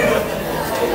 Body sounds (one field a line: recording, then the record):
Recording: background sound without coughing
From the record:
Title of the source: 40 min - Ambience sounds UNIVERSITY lunchroom chatting